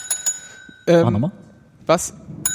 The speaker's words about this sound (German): Wo ist die Klingel? Da. Mal kurz.